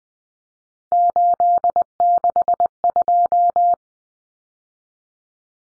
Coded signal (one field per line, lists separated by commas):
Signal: Morse code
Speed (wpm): 19 wpm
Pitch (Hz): 700 Hz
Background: none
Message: 862